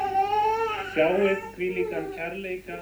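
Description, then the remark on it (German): A baby cries loudly and insistently during a baptism in Iceland, held by the young father, a high wavering wail that breaks into a run of shorter, choppy sobs, with no talking over it. “Der junge Vater, der die ehrenvolle Aufgabe hat, den Schreihals zu bändigen, schwitzt Blut und Wasser.”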